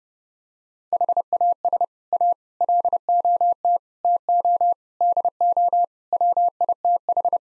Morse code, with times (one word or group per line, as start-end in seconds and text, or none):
0.9-1.8 HAS
2.1-2.3 A
2.6-3.8 LOT
4.0-4.7 TO
5.0-5.8 DO
6.1-7.4 WITH